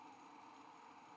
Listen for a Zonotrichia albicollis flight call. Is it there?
no